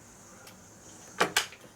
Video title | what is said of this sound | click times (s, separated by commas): #129 2008 110ci cvo twincam fxd dyna motor repair rebuild harley by tatro machine | I was able to wiggle enough to get it to go in. You heard it pop. | 1.4 s